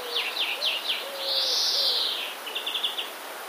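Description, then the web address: Common redstart song with mimicry: quick descending slurred notes, a drawn-out wheezy buzz, then a short dry trill, with soft low whistled notes beneath. Song containing phrases borrowed from the European greenfinch. "wroblowe zapozyczenia dzwoniec. wroblowe zapozyczenia pleszka"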